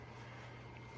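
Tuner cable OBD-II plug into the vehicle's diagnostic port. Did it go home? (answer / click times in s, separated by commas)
no / none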